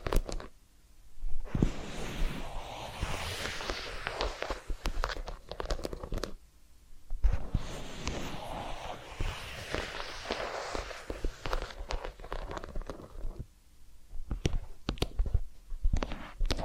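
Massage and ear-cleaning sounds: soft rubbing and rustling with frequent sharp crinkly clicks and taps scattered throughout. The texture comes in bursts, busy from about 1.5 to 6 seconds and again from 7 to 13 seconds, with quieter gaps between.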